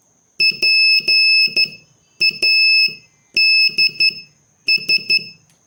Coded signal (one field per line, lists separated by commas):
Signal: Morse code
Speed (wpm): 12 wpm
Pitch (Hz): 2600 Hz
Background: none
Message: PADS